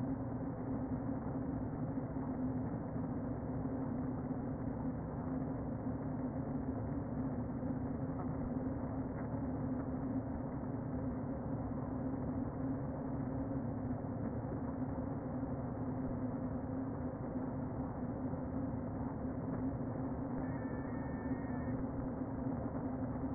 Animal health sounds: honeybee colony, microphone inside the hive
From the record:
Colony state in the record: queen present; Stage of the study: before two queens were removed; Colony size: about 60,000 bees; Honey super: yes

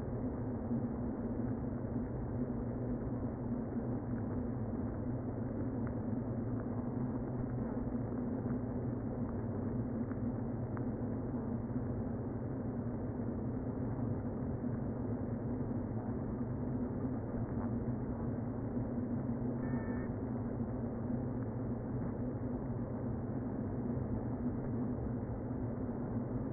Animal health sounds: honeybee colony, microphone inside the hive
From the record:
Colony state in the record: queen present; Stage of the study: before two queens were removed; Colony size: about 60,000 bees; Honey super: yes

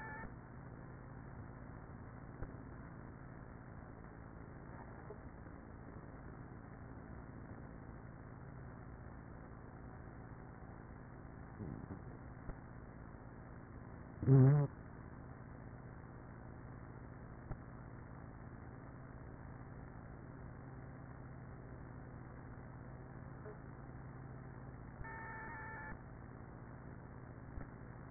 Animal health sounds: honeybee colony, microphone inside the hive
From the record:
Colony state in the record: queenless with a low population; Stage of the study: after two queens were removed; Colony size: about 30,000 bees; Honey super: no

